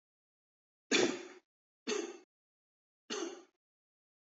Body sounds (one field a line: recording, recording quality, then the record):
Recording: shallow voluntary cough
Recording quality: excellent, no background noise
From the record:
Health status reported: healthy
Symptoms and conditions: none ticked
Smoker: not ticked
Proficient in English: yes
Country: India